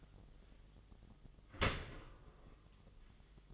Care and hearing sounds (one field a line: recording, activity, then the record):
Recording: daily activity, microphone in the room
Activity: open dishwasher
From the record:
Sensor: 4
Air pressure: 1005.5 hPa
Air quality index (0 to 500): 104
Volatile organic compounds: 2 ppm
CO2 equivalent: 1294 ppm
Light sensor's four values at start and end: 11/25/10/10 and 11/25/10/10